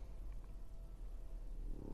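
A French Bulldog named Bruno snoring, a low roaring snore, while lying in a lap.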